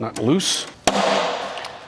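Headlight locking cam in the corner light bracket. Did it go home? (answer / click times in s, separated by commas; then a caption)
yes / 0.9 s. Someone talks while the headlight unit of a Porsche Cayenne 955 sits in the corner light bracket rails and its locking cam is turned tight with a 6 mm socket. A single sharp click sounds at 0.9 s, followed by a brief decaying ring. The cam locks the headlight into place.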